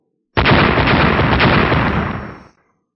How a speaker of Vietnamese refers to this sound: Ba tiếng nổ đồng thời vang lên, lần nữa ba chuôi thanh sắc cử kiếm lại bị bật ra, ánh sáng bạch sắc chỉ hơi chấn động một chút lại khôi phục như lúc ban đầu.